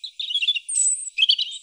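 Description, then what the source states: Bird song: rapid high twittering and chirping notes, broken by a thin, drawn-out whistle, then another burst of quick chirps. Oxford Island, Lough Neagh.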